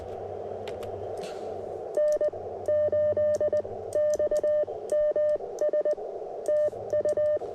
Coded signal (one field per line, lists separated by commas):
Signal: Morse code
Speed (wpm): 20 wpm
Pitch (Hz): 600 Hz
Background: radio noise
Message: N8XMS TU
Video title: POTA Activation; Wind in The Pines